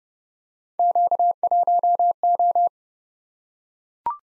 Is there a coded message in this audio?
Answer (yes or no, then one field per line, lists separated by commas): yes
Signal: Morse code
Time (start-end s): 0.8-2.7 s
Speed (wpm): 30 wpm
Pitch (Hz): 700 Hz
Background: none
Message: Q1O